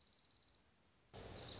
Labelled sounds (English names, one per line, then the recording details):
Dark-eyed Junco
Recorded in Sonoma County, California